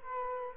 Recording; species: mosquito wingbeat signal from an infrared sensor; Culex quinquefasciatus